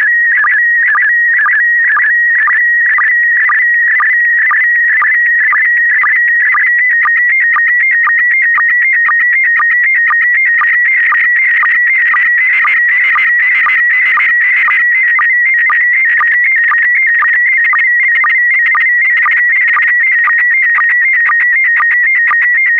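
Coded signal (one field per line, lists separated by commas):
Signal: SSTV (slow-scan television)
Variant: PD120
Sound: continuous warbling whistle around 2 kHz with a short low chirp about twice a second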